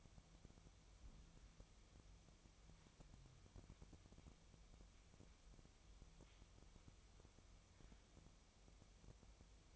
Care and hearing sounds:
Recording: daily activity, microphone in the room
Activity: wipe stove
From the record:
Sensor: 1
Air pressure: 1004.8 hPa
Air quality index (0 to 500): 74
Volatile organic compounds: 2 ppm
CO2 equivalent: 981 ppm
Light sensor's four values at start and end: 9/23/9/10 and 9/23/9/10

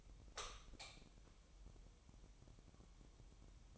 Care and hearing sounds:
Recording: daily activity, microphone in the room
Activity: light on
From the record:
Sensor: 1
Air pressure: 988.4 hPa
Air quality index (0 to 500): 198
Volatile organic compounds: 1000 ppm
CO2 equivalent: 5293 ppm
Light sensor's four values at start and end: 8/21/8/10 and 12/37/14/15

